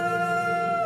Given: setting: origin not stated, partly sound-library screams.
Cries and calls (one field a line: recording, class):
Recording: one-second piece from a danger detection set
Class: normal situation